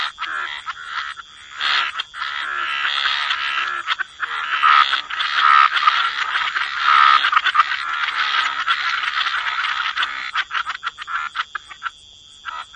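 Dense frog chorus swelling into a continuous croaking wall through the middle, then thinning toward the end, over a steady high-pitched hum.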